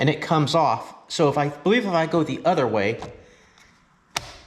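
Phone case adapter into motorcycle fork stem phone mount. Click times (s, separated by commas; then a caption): 4.2 s. A phone case adapter is turned the other way on a twist-lock phone mount on the fork stem of a BMW S1000RR motorcycle, while someone talks. After a pause, a sharp snap at 4.2 s shows the phone seated and locked in place, though it does not snap every time.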